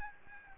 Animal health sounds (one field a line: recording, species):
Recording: mosquito wingbeat signal from an infrared sensor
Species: Aedes albopictus